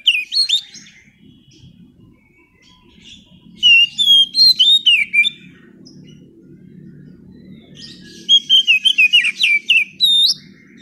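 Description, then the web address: Oriental magpie-robin singing three bursts of quick, varied whistles and twittering notes, with a steady low hum running underneath. Lure song to prompt a bird that has stopped singing back into song. "kacer pancingan macet bunyi. masteran kacer"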